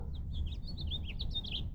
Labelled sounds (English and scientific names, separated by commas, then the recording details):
House Finch (Haemorhous mexicanus) song
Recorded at Valley Stream on Long Island, New York, on 17 June 1975
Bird AB